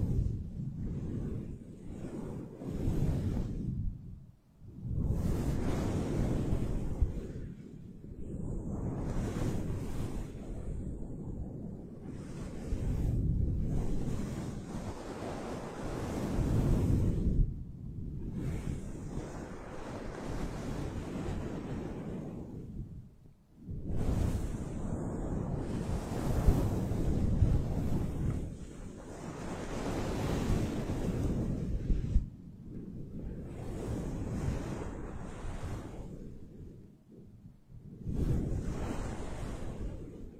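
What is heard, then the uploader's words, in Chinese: A foam microphone windscreen being rubbed and brushed makes heavy, rumbling swells with airy hiss, broken by short silent gaps every few seconds. 麦克风防风棉套触发。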